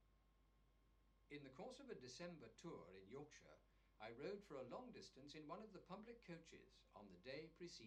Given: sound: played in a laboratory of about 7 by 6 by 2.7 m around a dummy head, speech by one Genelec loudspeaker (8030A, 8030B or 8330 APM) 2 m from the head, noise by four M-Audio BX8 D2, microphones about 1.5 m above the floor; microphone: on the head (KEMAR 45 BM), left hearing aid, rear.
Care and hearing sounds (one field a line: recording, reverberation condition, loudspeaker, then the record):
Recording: male speech in English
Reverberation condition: low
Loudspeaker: 30 degrees to the left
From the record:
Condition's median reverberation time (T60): about 310 ms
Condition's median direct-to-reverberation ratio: about 3.5 dB